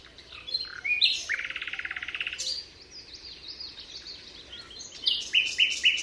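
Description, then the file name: Common nightingale singing a quick series of rapidly repeated rattling notes, then sharp high whistles and chirps that end in short emphatic notes. Recorded at Altmühlsee on 27 April 2014. "Nachtigall. Altmuehlsee. Susanne Rieck"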